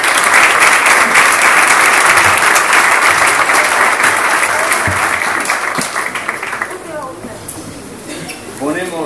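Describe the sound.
Loud, sustained applause from an audience, a dense wash of clapping that holds steady for several seconds, then thins and fades as a voice begins speaking.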